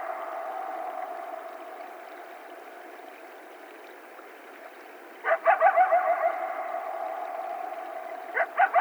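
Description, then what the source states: Coyotes howling in a continuous wavering tone, then erupting into a burst of quick, excited yips around the middle and again at the very end. Several coyotes, recorded on 12 July 2010.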